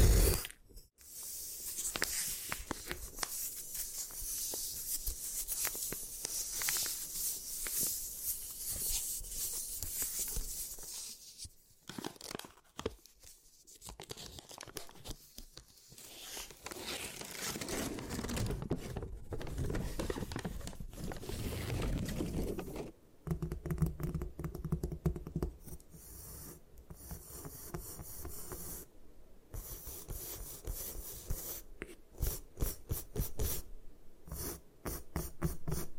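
Gym chalk being destroyed, with a dense run of crumbling, scraping and rasping that goes on almost without pause. Around 12 to 14 seconds and again near 23 seconds it briefly drops out. Later stretches turn choppier, broken by short sharp gaps and clicks.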